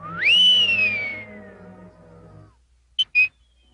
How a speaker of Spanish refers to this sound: Era una noche oscura y tormentosa. Había relámpagos y terribles truenos. El viento silbaba.